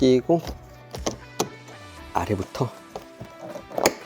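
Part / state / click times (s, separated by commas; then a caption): interior door handle piece into passenger door trim panel / seated / 3.8 s, 3.9 s. A plastic interior door handle piece is pressed in from its bottom edge into the plastic passenger door trim panel of a BMW 5 Series F10, during a fix for the model's common sticky door handle problem. Someone talks while several sharp plastic knocks and taps sound between 0.9 and 3.0 s. Two crisp clicks at 3.8 s and 3.9 s mark the handle piece snapping home and seating.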